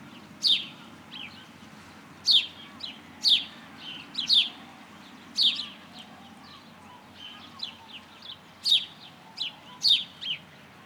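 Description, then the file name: House sparrow giving busy, irregular chirps, some doubled or in quick runs, with quieter chirps mixed in over a low background hum. "Passer domesticus"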